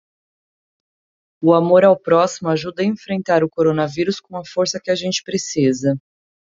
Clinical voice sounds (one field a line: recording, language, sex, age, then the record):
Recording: spoken sentence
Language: Brazilian Portuguese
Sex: female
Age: 30 to 39 years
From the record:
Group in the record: control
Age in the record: 35 years